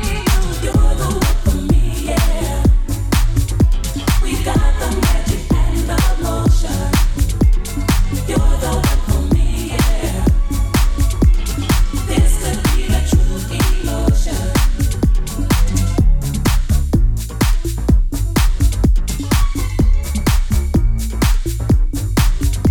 Asmr listening to the heartbeat through an lectronic stethoscope.